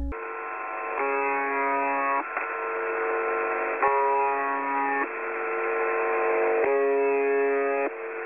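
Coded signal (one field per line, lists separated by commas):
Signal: channel marker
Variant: UVB-76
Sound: repeated harsh low buzzes about a second long, roughly four, over radio hiss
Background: radio static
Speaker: The radio constantly transmits a repeating buzzer sound, 24 hours a day, now listen to a short piece of audio recorded in 2016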